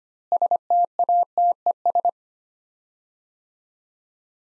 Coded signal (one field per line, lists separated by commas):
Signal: Morse code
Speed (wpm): 25 wpm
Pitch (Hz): 700 Hz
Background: none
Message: STATES